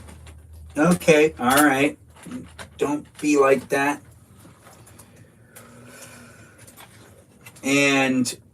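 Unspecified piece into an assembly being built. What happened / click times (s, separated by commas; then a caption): The part is handled but has not seated yet / none. An unspecified piece is handled while being fitted into an assembly under construction, and nothing has seated or clicked yet. Someone talks in bursts between quiet stretches of faint handling noise, with a brief steady tone near the middle. A few small, soft taps are heard at about 0.3, 4.9, 5.0 and 7.5 seconds.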